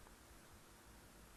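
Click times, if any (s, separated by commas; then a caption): none. The top cover of a Dyson V11/V10 high-torque stick vacuum floor head is handled with its red tabs aligned near the center, ready to be pushed down. Only a steady, broadband hiss and faint rustling are heard across 1.4 seconds, with no distinct hit. The cover has not snapped into place yet.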